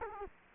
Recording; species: mosquito wingbeat signal from an infrared sensor; Culex quinquefasciatus